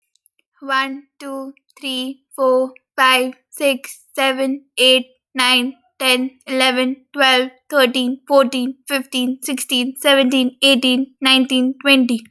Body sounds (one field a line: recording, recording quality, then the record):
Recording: counting at a normal pace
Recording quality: excellent, no background noise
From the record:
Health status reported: recovered from COVID-19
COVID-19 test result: negative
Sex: female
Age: 21 years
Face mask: not worn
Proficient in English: yes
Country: India